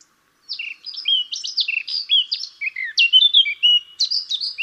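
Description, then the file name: Eurasian blackcap song: a sustained, lively warble of varied chattering and clear whistled notes, brisk and unbroken throughout. "Sylvia atricapilla"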